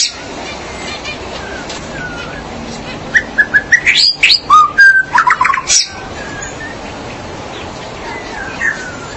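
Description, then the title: Magpie-robin or shama singing a lively run of whistles, rising and falling slurs and quick trills for about three seconds midway, then a soft background hiss with a faint final note. "Suara Burung Murai"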